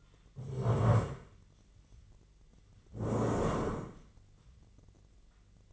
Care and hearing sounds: daily activity, microphone in the room; stand up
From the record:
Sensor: 4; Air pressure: 1013.1 hPa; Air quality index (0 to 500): 171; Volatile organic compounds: 2 ppm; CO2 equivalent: 1082 ppm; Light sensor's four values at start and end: 53/131/55/59 and 53/130/55/59

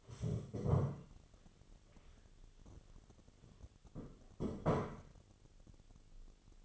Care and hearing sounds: daily activity, microphone in the room; stand up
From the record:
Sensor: 4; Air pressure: 1016.1 hPa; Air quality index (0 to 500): 176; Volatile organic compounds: 7 ppm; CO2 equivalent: 2012 ppm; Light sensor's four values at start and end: 9/20/8/7 and 9/20/8/7

